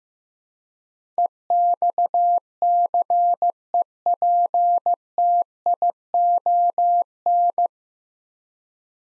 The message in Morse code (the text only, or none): EXCEPTION